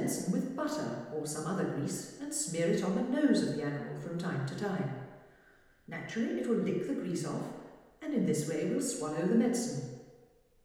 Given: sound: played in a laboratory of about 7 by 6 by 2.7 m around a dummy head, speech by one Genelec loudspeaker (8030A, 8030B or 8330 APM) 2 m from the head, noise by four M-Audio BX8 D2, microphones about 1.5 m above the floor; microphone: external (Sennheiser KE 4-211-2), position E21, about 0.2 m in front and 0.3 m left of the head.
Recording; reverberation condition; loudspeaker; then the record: female speech in English; high; 120 degrees to the left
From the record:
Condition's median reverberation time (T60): about 1300 ms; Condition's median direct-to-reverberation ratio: about -4.0 dB